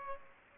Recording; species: mosquito wingbeat signal from an infrared sensor; Aedes aegypti